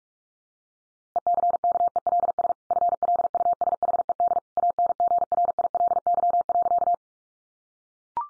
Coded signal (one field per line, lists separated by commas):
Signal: Morse code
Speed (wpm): 44 wpm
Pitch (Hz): 700 Hz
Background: none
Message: ECKELS FLUSHED ANGRILY.